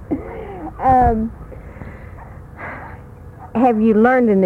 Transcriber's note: laughs